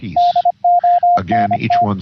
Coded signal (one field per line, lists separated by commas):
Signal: Morse code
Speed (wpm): 26 wpm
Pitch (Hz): 700 Hz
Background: speech, radio noise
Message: DONT